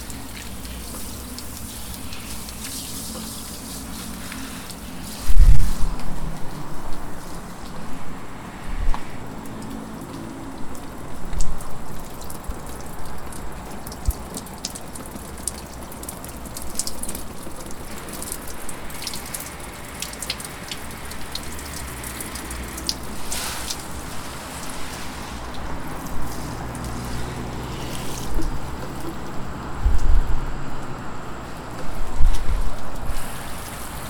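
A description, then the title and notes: Water noise fills the background steadily, with irregular drips and small splashes ticking through it. Two heavier low thumps stand out, one near the start and one late in the clip, and a faint low hum runs underneath. Soundscape - Water Noise.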